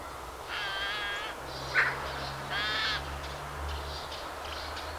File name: Pica pica